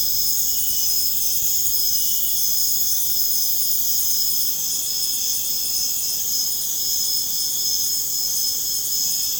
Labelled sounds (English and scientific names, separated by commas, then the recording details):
none
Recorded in pastures near Puerto Asís, Putumayo, Colombia, on 30 June 2025 at 03:00
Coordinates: 0.496, -76.326
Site GP01